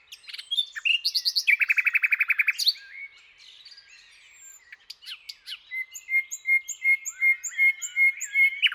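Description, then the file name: Common nightingale song: a fast, buzzing trill of repeated notes, a soft pause, then a sustained whistled tone with pulsed high notes above it. "Luscinia megarhynchos"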